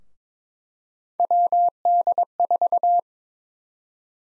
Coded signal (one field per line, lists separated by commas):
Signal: Morse code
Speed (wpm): 22 wpm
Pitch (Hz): 700 Hz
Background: none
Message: WD4